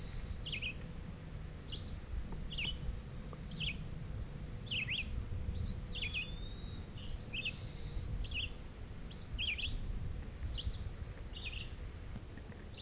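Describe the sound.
Red-eyed vireo delivering a steady run of short slurred whistled phrases that change shape from one to the next, over strong low-pitched rumble.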